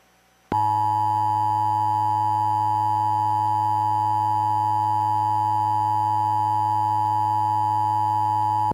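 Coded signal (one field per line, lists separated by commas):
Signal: Emergency Alert System (SAME) tones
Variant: 853 and 960 Hz attention tone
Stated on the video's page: Two Emergency Broadcast System required monthly tests recorded off cable TV on a DVR, one probably from the cable company.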